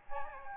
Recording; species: mosquito wingbeat signal from an infrared sensor; Aedes albopictus